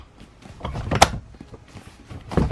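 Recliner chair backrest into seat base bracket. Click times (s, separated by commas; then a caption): 1.0 s. The back section of a single leather padded recliner chair is pushed all the way onto the seat base, with soft rustling and bumping building up before its bracket snaps into place with a sharp click at 1.0 s. A couple more short knocks follow near the end. The backrest is seated.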